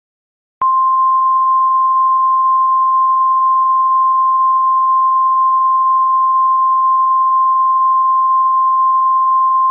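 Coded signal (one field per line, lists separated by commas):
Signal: Emergency Alert System (SAME) tones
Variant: 1050 Hz attention tone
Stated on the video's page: Fictional EAS scenario.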